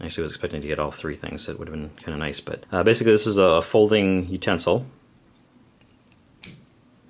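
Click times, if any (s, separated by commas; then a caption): 6.4 s. Someone talks for about five seconds, then after a few faint handling ticks the metal handle of a folding camp spork is unfolded and snaps into its open position with a sharp click at 6.4 s. The handle is seated open, and a slider can then be slid down to lock it.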